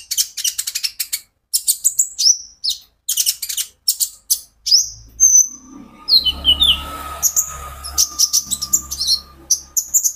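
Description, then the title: Van Hasselt's sunbird giving rapid high chirps and twitters, with a steady faint mid-pitched tone and low rumble in the second half. Caged bird in constant full song, used as a lure and therapy recording to get untrained birds of the same kind to answer; local name konin, green-type (ijoan) variant. "KOLIBRI NINJA KONIN IJOAN GACOR COCOK UNTUK PANCINGAN TERAPI KONIN BAHAN PASTI NYAUT"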